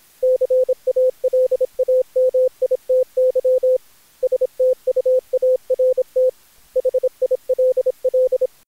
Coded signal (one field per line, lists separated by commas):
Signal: Morse code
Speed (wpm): 25 wpm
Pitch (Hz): 510 Hz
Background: none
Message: CALAMITY STUART HILL